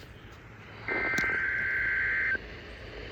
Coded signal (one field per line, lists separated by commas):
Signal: Emergency Alert System (SAME) tones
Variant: header bursts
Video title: WWF75 Required Weekly Test. 6/10/26 EAS #656